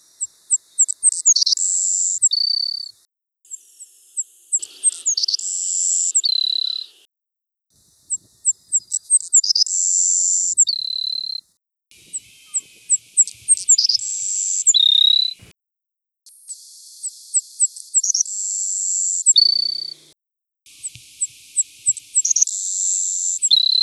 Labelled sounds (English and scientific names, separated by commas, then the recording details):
Savannah Sparrow (Passerculus sandwichensis) song
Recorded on Kent Island, New Brunswick, in 1982